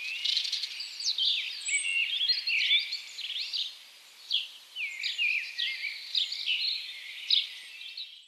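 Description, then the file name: House sparrow chirping and twittering, a dense run of overlapping bright notes with varied short chirps throughout, over faint background hiss. "Passer domesticus"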